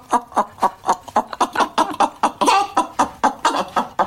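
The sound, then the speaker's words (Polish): A person in a radio studio imitates a hen clucking: a steady run of about sixteen short, throaty clucks, roughly four per second, loud and alone with no talking, swelling slightly in the middle. “Tradycyjnie zaczynam od kurki.”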